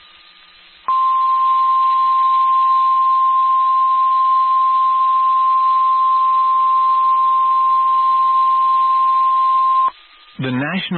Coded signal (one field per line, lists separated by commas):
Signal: Emergency Alert System (SAME) tones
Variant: 1050 Hz attention tone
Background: speech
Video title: Flash Flood Warning (EAS 244)